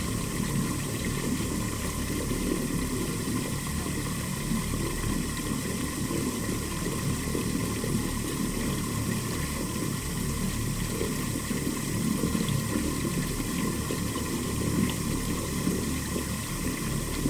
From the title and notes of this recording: This episode is a composition comprising field recordings I made in Kyoto Japan in 2015.